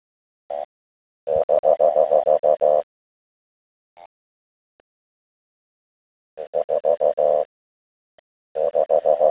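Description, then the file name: Odontophrynus barrioi advertisement call: rapid pulsed croaks in bursts of about a second or more, separated by pauses of one to several seconds. "Advertisement call Odontophrynus barrioi"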